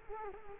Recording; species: mosquito wingbeat signal from an infrared sensor; Culex quinquefasciatus